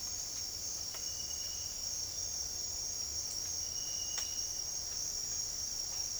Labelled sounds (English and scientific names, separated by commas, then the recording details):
none
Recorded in dense forest near Puerto Asís, Putumayo, Colombia, on 13 March 2025 at 08:00
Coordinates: 0.481, -76.323
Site G088